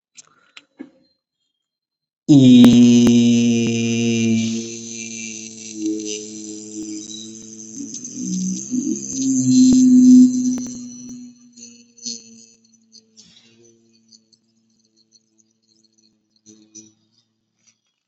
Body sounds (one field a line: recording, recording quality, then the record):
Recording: sustained vowel as in beet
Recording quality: excellent, no background noise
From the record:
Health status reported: COVID-19 positive, mild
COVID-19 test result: positive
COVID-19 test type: RT-PCR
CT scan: not taken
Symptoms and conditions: cough, cold, sore throat, fatigue, muscle pain, diarrhoea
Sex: male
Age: 25 years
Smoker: no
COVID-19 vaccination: both doses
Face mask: not worn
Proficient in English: yes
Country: India